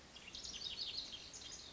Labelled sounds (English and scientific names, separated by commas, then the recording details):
Lazuli Bunting (Passerina amoena)
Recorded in Sonoma County, California